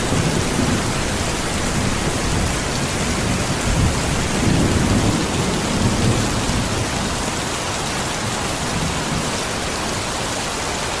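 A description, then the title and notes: Heavy rain pours down steadily, a dense hiss of drops that fills the whole clip without a break. Low thunder rumbles underneath, swelling most strongly around the fourth to sixth seconds before settling back into a softer roll. Heavy Rain and Thunder. Heavy rain, thunder, and rain drops.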